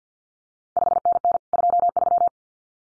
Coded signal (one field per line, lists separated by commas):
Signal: Morse code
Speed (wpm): 50 wpm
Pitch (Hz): 700 Hz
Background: none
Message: 5NN 23